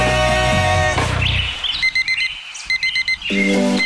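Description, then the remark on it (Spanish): An electronic alarm clock beeps in quick, repeated high-pitched bursts, the pulses coming in short rhythmic clusters, bracketed by brief sustained tonal sounds at the start and end. “Ya amaneció, comienza un nuevo día. Apaga el despertador, abre las cortinas”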